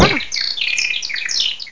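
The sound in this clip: Bird giving quick high chirps and short twittering notes that rise and fall, following a brief loud thump at the start.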